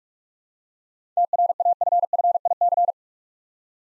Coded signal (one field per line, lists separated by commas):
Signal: Morse code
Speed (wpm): 44 wpm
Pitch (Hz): 700 Hz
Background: none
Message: TRAFFIC